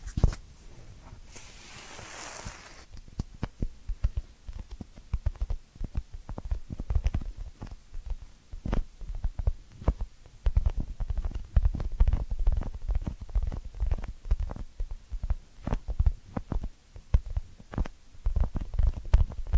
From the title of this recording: Ear Cleaning Triggers